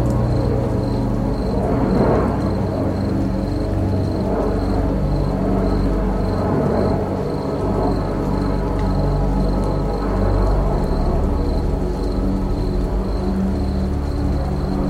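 A night in the countryside: a steady, high insect trill pulses evenly over the whole stretch. Underneath, soft sustained low music holds a dense, unchanging bed, with gentle swells rising briefly around two, four, seven and ten seconds.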